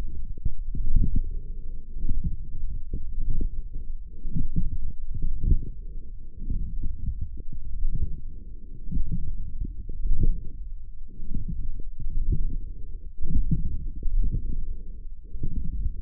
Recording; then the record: forearm muscle sounds (acoustic myography)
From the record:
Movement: forearm pronation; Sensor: system 1, eight BSWA MPA416 microphones around the upper forearm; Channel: 8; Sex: male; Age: 42 years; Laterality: right